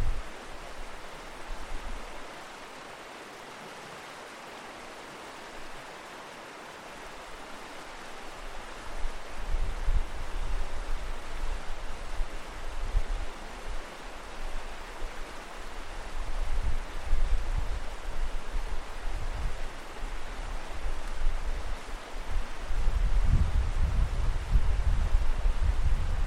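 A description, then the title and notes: A mountain river rushes and churns after rain, a dense, continuous roar of water filling every register. The flow is quieter for the first few seconds, then swells around ten seconds in, with deep rumbling surges near seventeen and twenty-three seconds. The autumn song of a Welsh mountain river. You're in a wintry valley following a boisterous stream high into the Welsh hills. After recent rain, the water boils and churns and the river's song is wild and free. Recorded by Fergus Collins.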